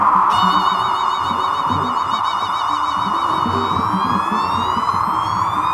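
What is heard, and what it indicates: Steady mid-pitched band of hiss with high warbling tones played pulsing that later rise: audiometer test tones for matching the pitch of tinnitus, compared with the patient's own rushing ear noise, which is higher.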